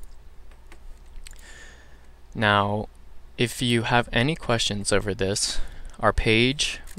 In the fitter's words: when you plug it into the board make sure it clicks